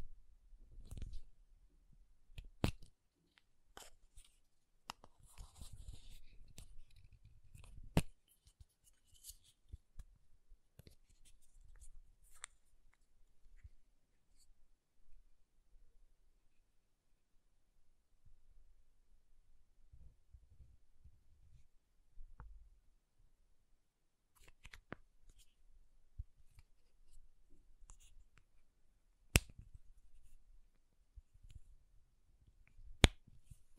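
Makeup tapping and scratching: sharp, sparse clicks and taps land at irregular moments, some quite loud, with soft dry scratching in clusters around 5–8 seconds and again near 20–25 seconds. Long quiet stretches separate the bursts, especially in the middle.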